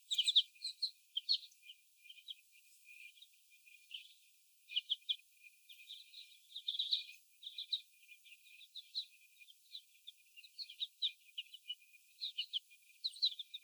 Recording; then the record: young laying hens in a cage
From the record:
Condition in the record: before the stressor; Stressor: sudden umbrella opening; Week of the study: 1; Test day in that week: 1